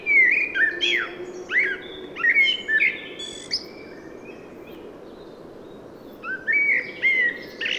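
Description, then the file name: Common blackbird song: rich warbled whistles with thin scratchy high flourishes, a pause of over two seconds, then more fluted notes resume. "Turdus merula"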